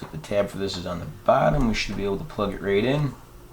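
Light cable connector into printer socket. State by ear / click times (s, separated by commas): not seated / none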